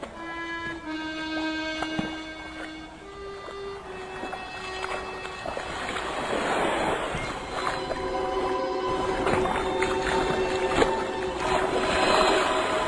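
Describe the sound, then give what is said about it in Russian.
A boat engine drones on the water, a steady humming tone with buzzing overtones that grows rougher and slightly louder as it approaches, with a churning wash building underneath. “Наконец, Алик неуверенно проговорил: «Дедушка, мне кажется, я слышу лодку».”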